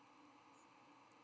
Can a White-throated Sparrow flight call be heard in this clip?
no